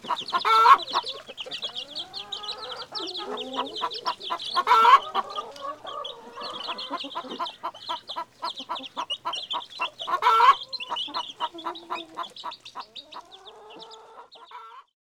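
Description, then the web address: Chicken sounds: a hen gives low clucks and a few sharp louder calls while many chicks peep rapidly and steadily throughout. Hen with her chicks. "La-poule-et-ses-poussins mon-imagier-sonore-de-la-nature"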